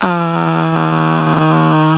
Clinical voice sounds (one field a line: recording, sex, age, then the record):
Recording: sustained vowel /a/ by telephone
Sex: female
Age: 50 to 59 years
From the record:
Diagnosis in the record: healthy control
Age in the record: 51 years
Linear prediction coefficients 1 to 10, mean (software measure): 1.50, -0.85, 0.27, -0.46, 0.77, -0.36, 0.14, -0.44, 0.58, -0.32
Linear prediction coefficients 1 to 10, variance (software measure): 0.011, 0.027, 0.024, 0.025, 0.045, 0.029, 0.017, 0.024, 0.023, 0.005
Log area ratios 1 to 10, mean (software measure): -2.57, 1.29, -0.57, -0.32, -0.39, 0.59, 0.11, 0.03, -0.23, 0.66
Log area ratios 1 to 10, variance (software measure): 0.071, 0.021, 0.034, 0.015, 0.021, 0.028, 0.013, 0.029, 0.033, 0.026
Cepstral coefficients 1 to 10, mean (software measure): 1.50, 0.27, 0.11, -0.34, 0.18, 0.23, 0.23, -0.13, 0.04, 0.01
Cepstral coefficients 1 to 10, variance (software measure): 0.011, 0.007, 0.006, 0.006, 0.009, 0.002, 0.003, 0.008, 0.002, 0.002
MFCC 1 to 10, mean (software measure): -2.57, 1.35, -0.36, 0.12, 0.91, 0.29, -0.34, 0.51, -0.18, -0.23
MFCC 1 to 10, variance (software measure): 0.267, 0.022, 0.030, 0.015, 0.079, 0.021, 0.038, 0.081, 0.038, 0.103